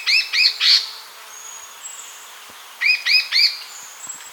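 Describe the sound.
Bird calls: two bursts of three arched, chirpy notes with bright overtones, one at the start and another near three seconds, quiet between.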